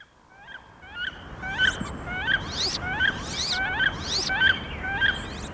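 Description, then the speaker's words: Wood duck calls, a series of short rising squeals repeated irregularly, some overlapping, over a noisy background. "the call of the wood duck, and right now, they're migrating south through Tennessee."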